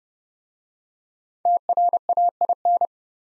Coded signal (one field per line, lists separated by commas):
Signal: Morse code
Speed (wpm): 30 wpm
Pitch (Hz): 700 Hz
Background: none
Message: TRAIN